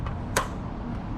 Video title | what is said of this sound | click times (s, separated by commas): Items that aren't Essential but you will need for your RV | and this is a great little uh step it just snaps right in place for the legs | 0.4 s